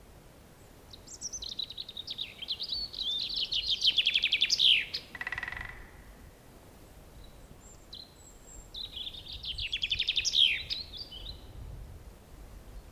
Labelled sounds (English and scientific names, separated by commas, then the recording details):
Common Chaffinch (Fringilla coelebs) song
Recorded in the wild
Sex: male
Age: adult
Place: Mühlenbecker Wald, Brandenburg, DE
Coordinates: 52.6833, 13.4
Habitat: pine stand
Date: 1987-04-19 10:48
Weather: sunny, 15°C
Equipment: Nagra SN, Kopie Tesla B 116
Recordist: Tembrock, Günter